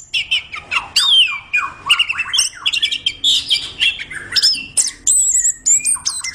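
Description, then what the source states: Orange-headed thrush song, a rapid stream of varied whistled and chirping phrases, many sweeping up and down, with sharp high notes near the end and barely any pauses. Singing vigorously and constantly.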